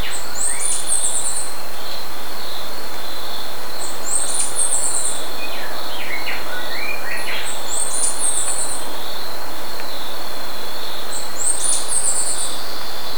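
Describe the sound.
Bird calls: a high twittering phrase repeated four times at about three-to-four-second intervals, with some lower chirps, over steady hiss and a buzzing band.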